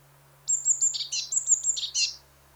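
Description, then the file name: Eurasian blue tit call: a pair of rapid phrases mixing thin high notes with harsh buzzy chatter, over a steady low hum. "Cyanistes caeruleus"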